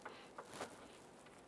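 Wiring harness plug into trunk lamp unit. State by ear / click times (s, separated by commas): seated / 0.1 s, 0.4 s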